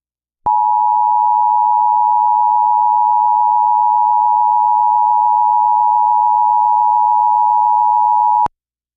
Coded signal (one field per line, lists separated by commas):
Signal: Emergency Alert System (SAME) tones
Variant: 853 and 960 Hz attention tone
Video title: IPAWSCAP EAS Fire Warning for Santa Fe New Mexico (08/08/26)